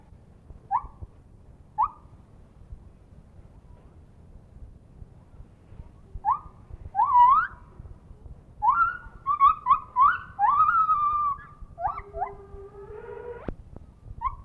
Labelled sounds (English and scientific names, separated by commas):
Lar Gibbon (Hylobates lar)